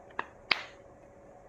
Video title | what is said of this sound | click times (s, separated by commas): The Cisco 7925g Ruggedized Case by Otter Box | yeah do you hear that snap nice and this is really pretty tight | 0.5 s